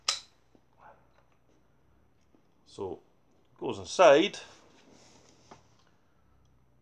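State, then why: Not seated. A reproduction spike bayonet is pushed metal on metal onto the barrel of a replica Mk2 Sten gun, with a sharp metallic clack at 0.1 s and a faint tick near 5.5 s while someone talks. The bayonet slides onto the barrel but does not lock; nothing has seated or clicked yet.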